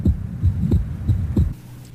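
Low, regular thumps in clear lub-dub pairs, about two cycles at roughly 90 beats a minute, with a faint hum behind them. Normal heart sounds of a healthy 16-year-old, with no added sounds.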